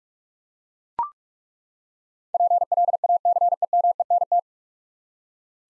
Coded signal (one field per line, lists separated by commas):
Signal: Morse code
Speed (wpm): 43 wpm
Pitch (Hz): 700 Hz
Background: none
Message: PLACEMENT